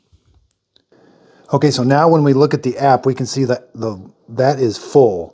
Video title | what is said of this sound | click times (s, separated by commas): Best Robot Vacuum for Pets iRobot Roomba Combo j7+ & Mop Avoids Pet Accidents | okay so I've got the solution in there again just kind of put that hook in first rotate it until it snaps | 0.5 s, 0.8 s